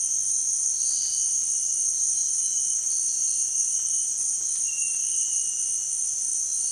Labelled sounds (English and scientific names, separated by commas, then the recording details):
none
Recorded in dense forest near Puerto Asís, Putumayo, Colombia, on 25 June 2025 at 17:30
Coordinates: 0.466, -76.327
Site GP04